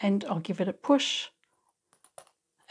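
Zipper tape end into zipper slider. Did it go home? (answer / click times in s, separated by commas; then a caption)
yes / 2.2 s. Someone talks, then the second side of a No. 5 continuous zipper tape is pushed into the zipper slider so the teeth engage. A few faint clicks follow, the clearest at 2.2 s, as the teeth seat in the slider, leaving it ready to slide.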